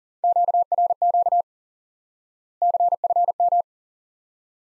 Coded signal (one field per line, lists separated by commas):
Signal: Morse code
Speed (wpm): 40 wpm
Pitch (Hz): 700 Hz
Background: none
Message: QRQ CFM